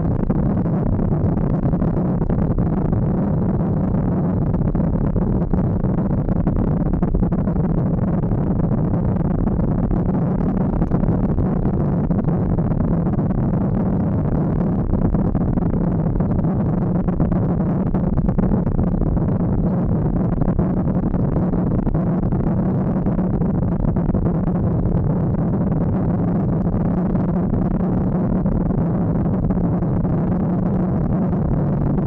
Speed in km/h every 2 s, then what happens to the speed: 67, 63, 59, 57, 60, 62, 62, 58, 58, 59, 61, 56, 56, 58, 60, 59.
0-5 slows to 57. 5-12 steady at about 60. 12-22 slows to 56. 22-32 steady at about 58.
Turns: none.